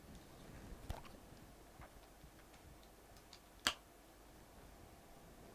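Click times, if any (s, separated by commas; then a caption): 3.7 s. A laptop memory module (or storage drive) is pressed into its motherboard slot and retention clips in a Dell Inspiron 15 3511 during an upgrade, with faint handling ticks before one sharp click at 3.7 s. Only one side latches while the other won't lock in, so the module is only partly home.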